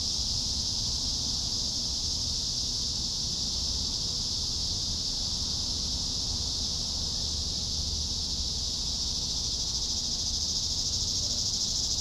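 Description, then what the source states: Cicadas keep up a continuous sizzling high buzz over a quiet low background hum. Several cicadas.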